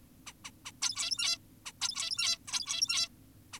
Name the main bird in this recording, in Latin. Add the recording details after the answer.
Taeniopygia guttata. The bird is an adult. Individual g17y2U